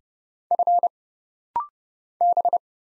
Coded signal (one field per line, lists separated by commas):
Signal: Morse code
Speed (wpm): 30 wpm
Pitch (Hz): 700 Hz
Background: none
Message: F B